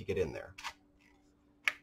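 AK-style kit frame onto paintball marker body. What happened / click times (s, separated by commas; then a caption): The plastic frame snapped into place / 1.7 s. A plastic AK-style conversion kit frame is pushed over the body and hopper port of an MG100 paintball marker, a tight fit, while someone talks. After a quiet stretch, a single sharp click at 1.7 s marks the frame clicking into place, seated on the marker body.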